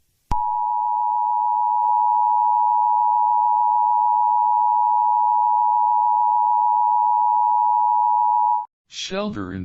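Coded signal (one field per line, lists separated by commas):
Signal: Emergency Alert System (SAME) tones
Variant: 853 and 960 Hz attention tone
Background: speech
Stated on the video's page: Fictional EAS scenario.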